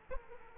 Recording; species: mosquito wingbeat signal from an infrared sensor; Aedes aegypti